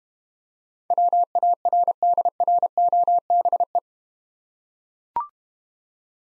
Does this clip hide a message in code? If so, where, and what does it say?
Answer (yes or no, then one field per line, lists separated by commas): yes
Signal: Morse code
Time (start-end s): 0.9-3.8 s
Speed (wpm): 32 wpm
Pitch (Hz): 700 Hz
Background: none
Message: WARDROBE